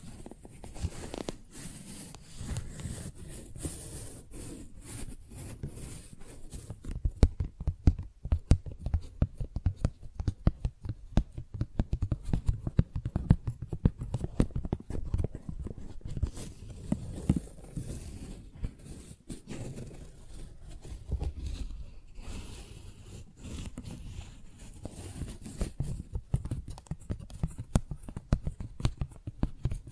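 Tingly flower sounds: dense crinkling and crackling as petals and stems are handled, with soft low thumps underneath. A bright, airy rustle fills the first seven seconds, then the texture turns sparser and more clicky, with short louder bursts recurring throughout.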